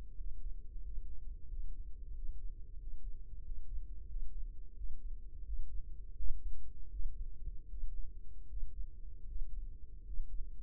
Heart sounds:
heart sounds by microphone in the right ear; 85 bpm
0.13 s: heartbeat
0.80 s: heartbeat
1.46 s: heartbeat
2.12 s: heartbeat
2.77 s: heartbeat
3.41 s: heartbeat
4.06 s: heartbeat
4.74 s: heartbeat
5.43 s: heartbeat
6.15 s: heartbeat
6.90 s: heartbeat
7.68 s: heartbeat
8.47 s: heartbeat
9.26 s: heartbeat
10.04 s: heartbeat
From the record:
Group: healthy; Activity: breath hold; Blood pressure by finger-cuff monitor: 128/97 mmHg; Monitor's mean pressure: 102 mmHg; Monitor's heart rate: 88 bpm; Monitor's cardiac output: 5.1 L/min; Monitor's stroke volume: 58 mL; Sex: male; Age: 35 years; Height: 178 cm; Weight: 64 kg

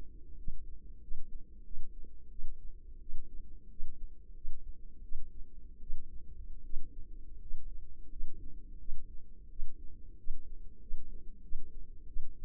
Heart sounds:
heart sounds by microphone in the left ear; 87 bpm
0.36 s: heartbeat
1.00 s: heartbeat
1.63 s: heartbeat
2.29 s: heartbeat
2.99 s: heartbeat
3.69 s: heartbeat
4.34 s: heartbeat
5.02 s: heartbeat
5.80 s: heartbeat
6.63 s: heartbeat
7.40 s: heartbeat
8.09 s: heartbeat
8.78 s: heartbeat
9.49 s: heartbeat
10.17 s: heartbeat
10.80 s: heartbeat
11.42 s: heartbeat
12.07 s: heartbeat
From the record:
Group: healthy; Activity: rest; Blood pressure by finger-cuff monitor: 137/66 mmHg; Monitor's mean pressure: 88 mmHg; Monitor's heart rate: 86 bpm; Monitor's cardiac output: 8.4 L/min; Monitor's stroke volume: 100 mL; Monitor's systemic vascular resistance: 780 dyn s/cm5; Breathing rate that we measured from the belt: 18 breaths a minute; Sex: female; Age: 24 years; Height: 163 cm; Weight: 55.7 kg

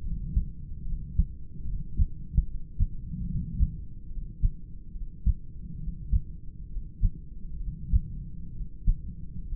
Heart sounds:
heart sounds by stethoscope; 70 bpm
0.82 s: heartbeat
1.63 s: heartbeat
2.44 s: heartbeat
3.24 s: heartbeat
4.07 s: heartbeat
4.91 s: heartbeat
5.77 s: heartbeat
6.66 s: heartbeat
7.57 s: heartbeat
8.50 s: heartbeat
9.42 s: heartbeat
From the record:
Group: heart failure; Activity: rest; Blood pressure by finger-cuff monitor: 115/73 mmHg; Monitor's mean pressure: 90 mmHg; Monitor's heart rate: 73 bpm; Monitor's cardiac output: 4.3 L/min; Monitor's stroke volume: 60 mL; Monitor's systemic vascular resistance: 1440 dyn s/cm5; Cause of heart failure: idiopathic cardiomyopathy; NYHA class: 2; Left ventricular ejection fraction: 17%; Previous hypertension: absent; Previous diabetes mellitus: absent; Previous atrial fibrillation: present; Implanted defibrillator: present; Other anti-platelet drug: absent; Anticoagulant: edoxaban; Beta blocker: bisoprolol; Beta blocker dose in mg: 7.5 twice daily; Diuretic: furosemide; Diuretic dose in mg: 20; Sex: male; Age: 63 years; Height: 160 cm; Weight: 69 kg

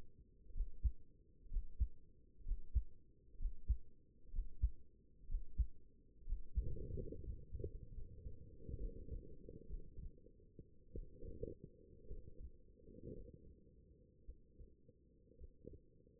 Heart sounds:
heart sounds by stethoscope; 61 bpm
0.53 s: heartbeat
1.49 s: heartbeat
2.44 s: heartbeat
3.38 s: heartbeat
4.31 s: heartbeat
5.27 s: heartbeat
6.25 s: heartbeat
7.23 s: heartbeat
7.93 s: heartbeat
8.77 s: heartbeat
9.66 s: heartbeat
10.91 s: heartbeat
12.06 s: heartbeat
13.13 s: heartbeat
14.24 s: heartbeat
15.37 s: heartbeat
From the record:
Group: healthy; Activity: breath hold 0-6 s, rest 6-16 s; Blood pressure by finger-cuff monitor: 124/73 mmHg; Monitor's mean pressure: 98 mmHg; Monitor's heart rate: 61 bpm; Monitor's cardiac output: 5.8 L/min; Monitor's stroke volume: 94 mL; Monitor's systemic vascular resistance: 1090 dyn s/cm5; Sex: female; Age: 23 years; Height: 160 cm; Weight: 50.4 kg

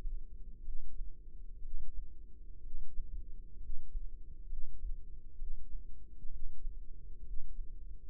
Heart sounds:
heart sounds by microphone in the left ear; 64 bpm
0.61 s: heartbeat
1.59 s: heartbeat
2.60 s: heartbeat
3.57 s: heartbeat
4.45 s: heartbeat
5.35 s: heartbeat
6.27 s: heartbeat
7.21 s: heartbeat
8.09 s: heartbeat
From the record:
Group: healthy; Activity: rest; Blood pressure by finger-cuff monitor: 104/65 mmHg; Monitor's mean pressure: 76 mmHg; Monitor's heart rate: 61 bpm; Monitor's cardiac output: 5.1 L/min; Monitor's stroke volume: 83 mL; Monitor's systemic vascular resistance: 1090 dyn s/cm5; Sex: female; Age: 22 years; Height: 171 cm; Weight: 65.6 kg

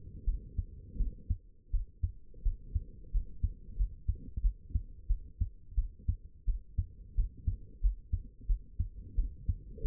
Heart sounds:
heart sounds by stethoscope; 88 bpm
0.25 s: heartbeat
0.98 s: heartbeat
1.71 s: heartbeat
2.43 s: heartbeat
3.12 s: heartbeat
3.77 s: heartbeat
4.42 s: heartbeat
5.08 s: heartbeat
5.75 s: heartbeat
6.46 s: heartbeat
7.16 s: heartbeat
7.81 s: heartbeat
8.47 s: heartbeat
9.16 s: heartbeat
9.82 s: heartbeat
From the record:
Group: healthy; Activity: rest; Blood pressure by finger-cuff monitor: 81/43 mmHg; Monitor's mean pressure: 58 mmHg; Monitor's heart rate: 88 bpm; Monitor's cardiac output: 9 L/min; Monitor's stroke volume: 105 mL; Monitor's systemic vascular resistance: 440 dyn s/cm5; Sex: female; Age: 22 years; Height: 161 cm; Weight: 65.5 kg

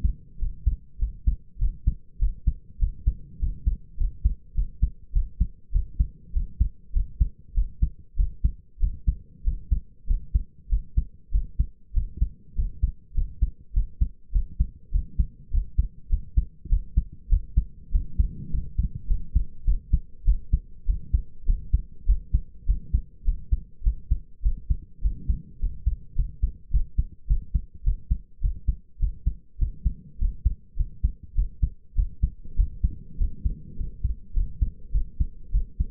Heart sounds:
heart sounds by stethoscope; 101 bpm
0.38 s: heartbeat
0.98 s: heartbeat
1.58 s: heartbeat
2.18 s: heartbeat
2.79 s: heartbeat
3.39 s: heartbeat
3.97 s: heartbeat
4.54 s: heartbeat
5.12 s: heartbeat
5.71 s: heartbeat
6.32 s: heartbeat
6.92 s: heartbeat
7.54 s: heartbeat
8.16 s: heartbeat
8.79 s: heartbeat
9.43 s: heartbeat
10.06 s: heartbeat
10.69 s: heartbeat
11.31 s: heartbeat
11.93 s: heartbeat
12.55 s: heartbeat
13.14 s: heartbeat
13.73 s: heartbeat
14.32 s: heartbeat
14.91 s: heartbeat
15.50 s: heartbeat
16.09 s: heartbeat
16.69 s: heartbeat
17.29 s: heartbeat
17.91 s: heartbeat
18.50 s: heartbeat
19.07 s: heartbeat
19.64 s: heartbeat
20.24 s: heartbeat
20.85 s: heartbeat
21.45 s: heartbeat
22.06 s: heartbeat
22.66 s: heartbeat
23.24 s: heartbeat
23.83 s: heartbeat
24.42 s: heartbeat
25.01 s: heartbeat
25.59 s: heartbeat
26.15 s: heartbeat
26.70 s: heartbeat
27.27 s: heartbeat
27.83 s: heartbeat
28.40 s: heartbeat
28.99 s: heartbeat
29.58 s: heartbeat
30.18 s: heartbeat
30.76 s: heartbeat
31.34 s: heartbeat
31.95 s: heartbeat
32.56 s: heartbeat
33.17 s: heartbeat
33.76 s: heartbeat
34.33 s: heartbeat
34.92 s: heartbeat
35.51 s: heartbeat
From the record:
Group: healthy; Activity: rest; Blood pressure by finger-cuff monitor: 104/63 mmHg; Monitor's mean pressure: 77 mmHg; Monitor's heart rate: 100 bpm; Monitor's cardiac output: 6.8 L/min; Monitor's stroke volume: 68 mL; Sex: male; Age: 22 years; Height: 181 cm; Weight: 60 kg

